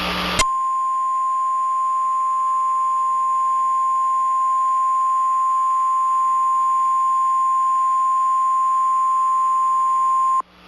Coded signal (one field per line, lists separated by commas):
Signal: Emergency Alert System (SAME) tones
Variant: 1050 Hz attention tone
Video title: EAS Mock #1 (READ DESC)